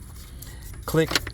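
During reassembly after a starter replacement on a 2010 Ford Edge, wiring connector ends are handled near an engine-bay component while someone talks. A low steady hum runs under a faint tap at 0.4 s, followed by short sharp hits near the end of the clip. The connectors are not seated yet, and nothing has clicked into place.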